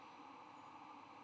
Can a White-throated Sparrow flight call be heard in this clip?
no